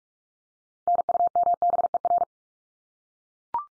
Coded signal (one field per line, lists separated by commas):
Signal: Morse code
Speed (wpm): 44 wpm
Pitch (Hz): 700 Hz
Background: none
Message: NUMBER